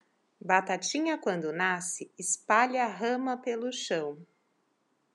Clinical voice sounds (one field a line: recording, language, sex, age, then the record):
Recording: short text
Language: Brazilian Portuguese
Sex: female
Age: 30 to 39 years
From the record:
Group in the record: control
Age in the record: 35 years